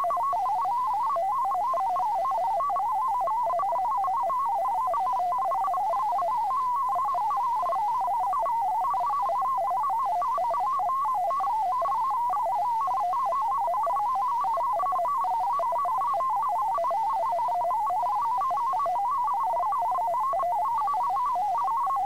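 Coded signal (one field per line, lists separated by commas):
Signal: multi-tone FSK (Olivia or MFSK type)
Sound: continuous warbling tune of rapidly changing single tones, with a faint steady higher whistle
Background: radio static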